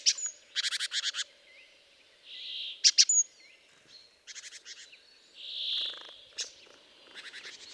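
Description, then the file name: Great tit calls: quick buzzy rattles of harsh notes in short bursts, mixed with soft hissing sounds and a faint low hum throughout. "Parus major"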